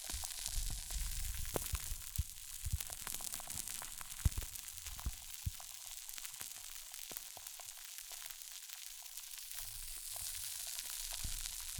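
Hair mousse fizzes with a dense, steady crackle of tiny pops, bright and hissy across the top. Sharper snaps burst out irregularly, thicker in the first six seconds, then thinning before the fizz swells slightly again near the end.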